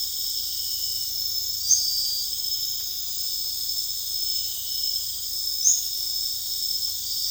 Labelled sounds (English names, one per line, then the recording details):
none
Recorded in dense forest near Puerto Asís, Putumayo, Colombia, on 18 February 2024 at 01:30
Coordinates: 0.485, -76.322
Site G6406